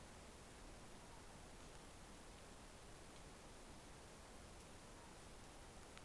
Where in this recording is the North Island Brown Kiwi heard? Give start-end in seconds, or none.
none